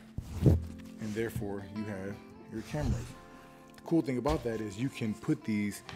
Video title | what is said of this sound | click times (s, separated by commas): Wandrd PRVKE 21L | to the other bag and it literally just snaps in place | 0.5 s